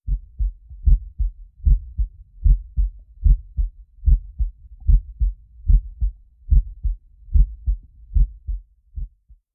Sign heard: Heart Beating.